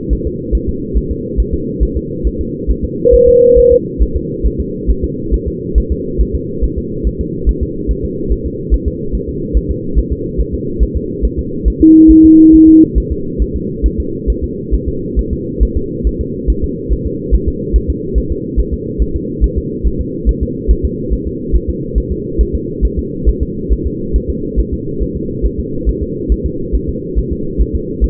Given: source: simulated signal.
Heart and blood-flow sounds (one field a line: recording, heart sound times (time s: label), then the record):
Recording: fetal heart sounds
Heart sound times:
0.13 s: S1
0.27 s: S2
0.55 s: S1
0.69 s: S2
0.97 s: S1
1.11 s: S2
1.40 s: S1
1.54 s: S2
1.83 s: S1
1.97 s: S2
2.27 s: S1
2.41 s: S2
2.71 s: S1
2.84 s: S2
3.15 s: S1
3.28 s: S2
3.59 s: S1
3.72 s: S2
4.03 s: S1
4.16 s: S2
4.47 s: S1
4.60 s: S2
4.90 s: S1
5.04 s: S2
5.34 s: S1
5.48 s: S2
5.78 s: S1
5.92 s: S2
6.21 s: S1
6.35 s: S2
6.64 s: S1
6.78 s: S2
7.07 s: S1
7.21 s: S2
7.49 s: S1
7.63 s: S2
7.91 s: S1
8.05 s: S2
8.32 s: S1
8.46 s: S2
8.74 s: S1
8.88 s: S2
9.15 s: S1
9.29 s: S2
9.57 s: S1
9.71 s: S2
9.98 s: S1
10.12 s: S2
10.41 s: S1
10.54 s: S2
10.83 s: S1
10.97 s: S2
11.25 s: S1
11.39 s: S2
11.68 s: S1
11.82 s: S2
12.11 s: S1
12.25 s: S2
12.55 s: S1
12.69 s: S2
12.98 s: S1
13.12 s: S2
13.42 s: S1
13.56 s: S2
13.86 s: S1
14.00 s: S2
14.30 s: S1
14.44 s: S2
14.74 s: S1
14.88 s: S2
15.19 s: S1
15.33 s: S2
15.63 s: S1
15.77 s: S2
16.07 s: S1
16.21 s: S2
16.50 s: S1
16.64 s: S2
16.93 s: S1
17.07 s: S2
17.34 s: S1
17.48 s: S2
17.76 s: S1
17.90 s: S2
18.18 s: S1
18.32 s: S2
18.60 s: S1
18.74 s: S2
19.02 s: S1
19.16 s: S2
19.44 s: S1
19.58 s: S2
19.87 s: S1
20.01 s: S2
20.29 s: S1
20.43 s: S2
20.71 s: S1
20.85 s: S2
21.13 s: S1
21.27 s: S2
21.56 s: S1
21.69 s: S2
21.98 s: S1
22.12 s: S2
22.41 s: S1
22.55 s: S2
22.85 s: S1
22.99 s: S2
23.29 s: S1
23.43 s: S2
23.72 s: S1
23.87 s: S2
24.16 s: S1
24.30 s: S2
24.59 s: S1
24.73 s: S2
25.03 s: S1
25.17 s: S2
25.46 s: S1
25.60 s: S2
25.89 s: S1
26.03 s: S2
26.32 s: S1
26.46 s: S2
26.75 s: S1
26.89 s: S2
27.19 s: S1
27.32 s: S2
27.61 s: S1
27.75 s: S2
28.04 s: S1
From the record:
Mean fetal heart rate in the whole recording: 140 bpm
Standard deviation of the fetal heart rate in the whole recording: 2 bpm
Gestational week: 34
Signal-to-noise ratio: -6.6 dB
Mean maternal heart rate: 72 bpm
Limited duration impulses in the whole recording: present